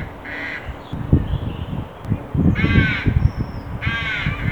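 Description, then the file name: Carrion crow giving harsh caws, two loud rasping calls near the end, with irregular low thumping and knocking noises throughout. "Corvus corone"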